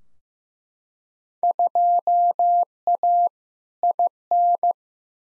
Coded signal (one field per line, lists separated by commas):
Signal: Morse code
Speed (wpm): 15 wpm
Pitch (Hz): 700 Hz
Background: none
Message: 2A IN